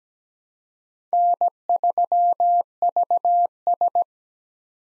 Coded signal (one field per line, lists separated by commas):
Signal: Morse code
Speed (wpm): 17 wpm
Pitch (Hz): 700 Hz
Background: none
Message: N3VS